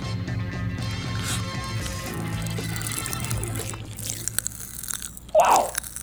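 A crunchy snack from a freshly opened bag chewed right up against the microphone: irregular crackly bites and mouth noises over a steady low hum, ending with one sharp, louder crunch.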